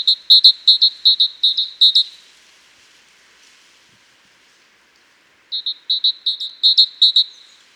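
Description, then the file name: Great tit song with ringing, rhythmic two-syllable phrases, a strophe of about two seconds, a long pause, then another matching series of repeated notes. "Parus major"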